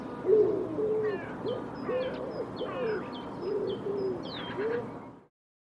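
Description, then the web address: Bird producing a string of low, soft coos at an even pace, with sharp high chips and twitters from other birds throughout before it goes quiet. "cianscape birddata Deverinetal 2025 Bird Co Pa Co Pa"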